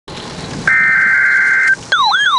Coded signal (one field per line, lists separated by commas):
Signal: Emergency Alert System (SAME) tones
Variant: header bursts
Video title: NOAA - Severe Thunderstorm Warning (EAS #990)